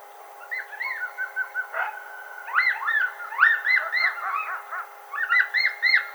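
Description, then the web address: Coyotes giving bursts of short yips and barking yelps in quick clusters, with a brief sliding howl between the rapid, choppy bursts. Howl, recorded 10 May 2007. "Coyote 2007 05 10 howl"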